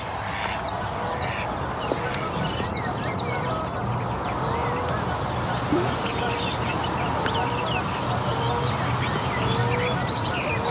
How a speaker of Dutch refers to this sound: Wilde eend.